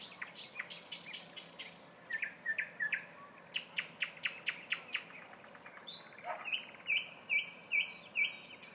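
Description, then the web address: Nightingale song: varied phrases of rapid repeated clicks and notes, pure whistles and chattering trills. Singing in a town. "spiew slowika miasto zukowski"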